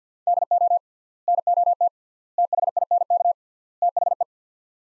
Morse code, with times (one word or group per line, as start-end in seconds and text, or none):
0.3-0.8 DO
1.3-1.9 NOT
2.4-3.3 THINK
3.8-4.2 THE